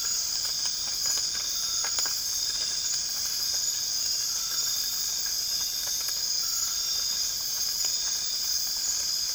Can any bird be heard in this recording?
no